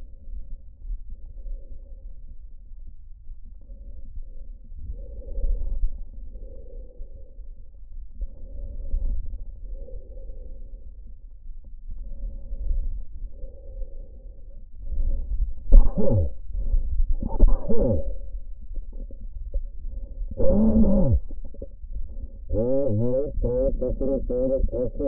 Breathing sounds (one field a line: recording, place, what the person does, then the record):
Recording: lung sounds by stethoscope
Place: trachea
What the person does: quiet breathing, then cough and speech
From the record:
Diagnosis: pulmonary infection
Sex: male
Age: 54 years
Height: 187 cm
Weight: 95 kg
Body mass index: 27.2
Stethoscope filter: diaphragm mode